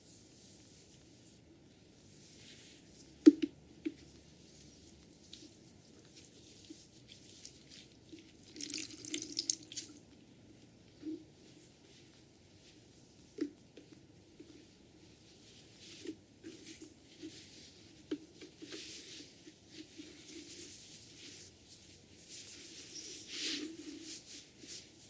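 Hair washing during a head massage, heard as soft wet rubbing and squishing that comes and goes in short bursts. A sharp click or tap lands near three seconds, and brighter hissy splashes rise around nine and twenty-three seconds over an otherwise quiet, low murmur.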